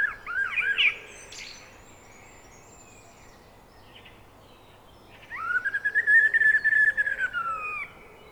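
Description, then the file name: Common blackbird: a brief burst of looping notes at the start, silence, then a long rising and falling series of rapid chirps. "Turdus merula"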